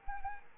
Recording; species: mosquito wingbeat signal from an infrared sensor; Anopheles arabiensis